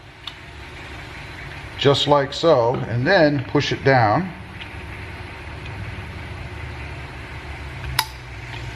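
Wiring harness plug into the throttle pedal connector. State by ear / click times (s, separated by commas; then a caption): seated / 8.0 s. A wiring harness plug is pushed down over the top of the throttle pedal connector on a Jeep Gladiator during a Sprint Booster install. Someone talks through the first half, then after a quiet stretch a sharp click at 8.0 s marks the plug latching and seating. A faint tick is also heard near 0.3 s.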